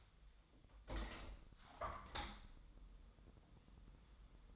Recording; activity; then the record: daily activity, microphone in the room; open window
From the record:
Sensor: 3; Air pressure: 1004.6 hPa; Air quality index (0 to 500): 110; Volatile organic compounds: 5 ppm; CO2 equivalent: 1720 ppm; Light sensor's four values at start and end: 7/17/6/6 and 8/17/7/7